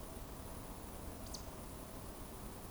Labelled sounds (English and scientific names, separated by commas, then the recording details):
Eurasian Woodcock (Scolopax rusticola) whistle
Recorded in Baden-Württemberg, Germany, on 25 June 2020 at 20:22 UTC
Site 24578, 122 m above sea level